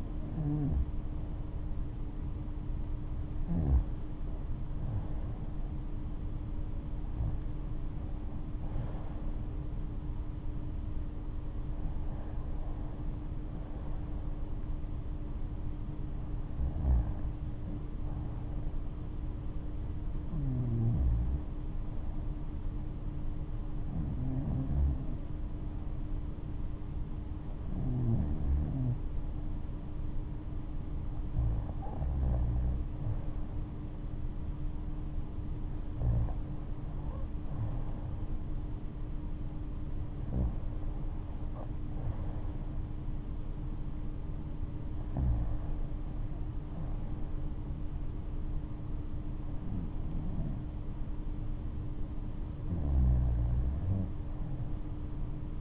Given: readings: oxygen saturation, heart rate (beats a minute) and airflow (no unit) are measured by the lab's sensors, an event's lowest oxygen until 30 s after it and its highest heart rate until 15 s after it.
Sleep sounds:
breathing in sleep by a smartphone at the bedside; none
none scored
From the record:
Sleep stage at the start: REM sleep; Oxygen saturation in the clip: 90 to 95%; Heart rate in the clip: 68 to 78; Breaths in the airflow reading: 14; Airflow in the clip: -11.4 to 10.5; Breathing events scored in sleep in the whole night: 228 in 5.4 hours asleep

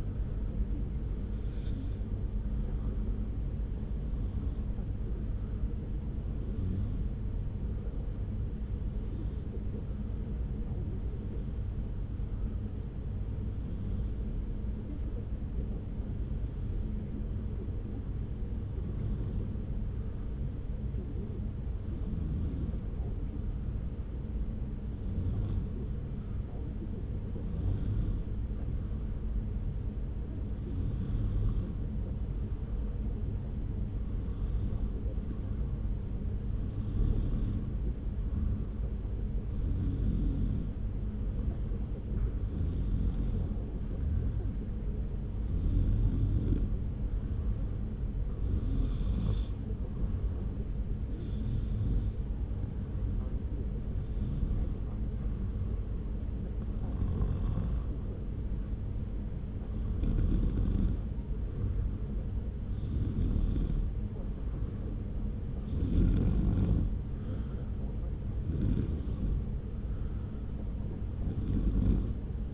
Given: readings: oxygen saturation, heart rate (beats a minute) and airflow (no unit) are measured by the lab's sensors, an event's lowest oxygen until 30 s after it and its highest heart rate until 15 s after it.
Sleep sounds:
breathing in sleep by a smartphone at the bedside; 1
8.00-27.90 s: hypopnea (N2, oxygen 95% highest, then 91% lowest)
From the record:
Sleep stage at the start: N2 (light sleep); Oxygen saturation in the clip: 91 to 95%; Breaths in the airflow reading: 24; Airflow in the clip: -0.9 to 0.7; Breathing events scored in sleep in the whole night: 335 in 6.7 hours asleep

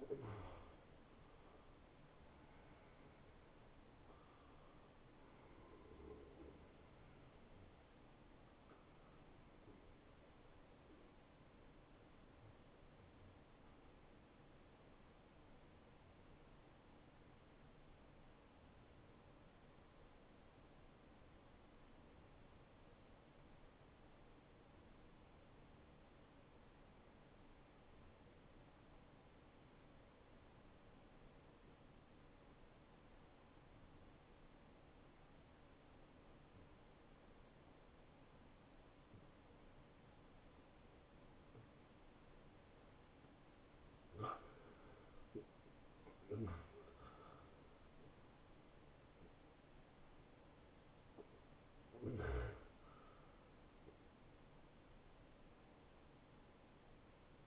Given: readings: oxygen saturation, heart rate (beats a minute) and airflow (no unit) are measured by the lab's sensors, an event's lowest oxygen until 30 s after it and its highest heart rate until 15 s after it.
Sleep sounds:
breathing in sleep by a voice recorder at the bedside; 1
9.00-44.00 s: hypopnea (N1, oxygen 93% highest, then 83% lowest, heart rate 83 at the start, 88 highest)
From the record:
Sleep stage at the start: N1 (lightest sleep); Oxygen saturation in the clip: 76 to 93%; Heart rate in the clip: 71 to 90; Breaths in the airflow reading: 6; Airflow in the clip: -18.0 to 10.0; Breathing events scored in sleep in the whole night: 263 in 5.5 hours asleep

